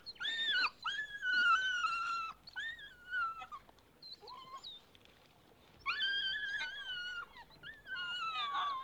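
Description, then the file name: Dog whining in several long, high, tonal cries that rise and hold or slide downward, with short pauses between. "cani dog"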